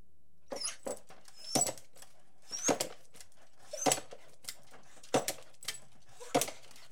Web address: The BBC Sound Effects Library (Animals Birds) Beagle barking, whining, and jumping